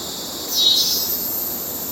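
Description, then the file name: Cicada buzz, a brief swelling high hiss over a steady high insect drone. Amazon rainforest ambience with cicadas and other insects. "felix blume nature amazon rainforest ambience cicada insects river in background"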